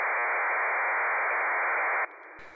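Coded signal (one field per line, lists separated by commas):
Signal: ACARS aircraft data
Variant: HFDL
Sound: a two-second burst of dense hissing data noise, then quieter static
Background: radio static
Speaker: if the frequency is active you'll hear the hfdl data bursts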